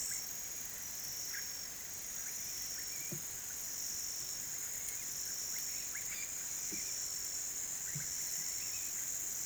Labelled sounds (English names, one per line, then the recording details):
none
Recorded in pastures near Puerto Asís, Putumayo, Colombia, on 30 June 2025 at 17:30
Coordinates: 0.486, -76.323
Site H29